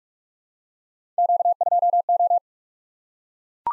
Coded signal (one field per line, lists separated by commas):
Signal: Morse code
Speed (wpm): 44 wpm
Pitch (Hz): 700 Hz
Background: none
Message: Q2O